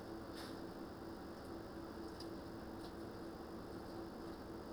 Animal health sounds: poultry house recording; no chicken sound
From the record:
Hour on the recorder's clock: 21

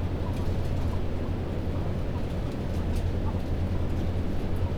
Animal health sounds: poultry house recording; healthy chickens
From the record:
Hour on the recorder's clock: 22

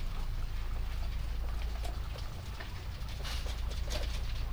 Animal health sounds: poultry house recording; sick chickens (respiratory disease)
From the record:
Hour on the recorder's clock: 21

